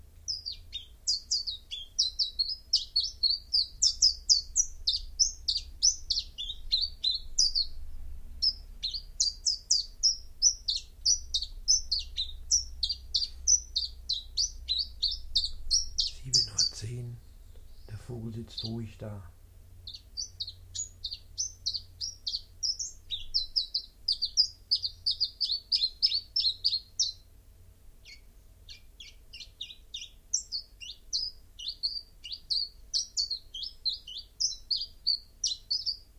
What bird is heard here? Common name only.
Common Chiffchaff